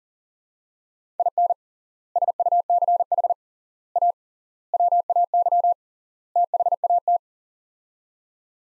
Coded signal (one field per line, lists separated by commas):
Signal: Morse code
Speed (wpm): 40 wpm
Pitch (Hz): 700 Hz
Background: none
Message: IN SUCH A WAY THAT